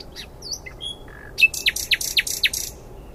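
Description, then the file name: Common nightingale phrase: thin whistles and a sharp note, then a rapid series of loud descending slurred notes. "Luscinia megarhynchos"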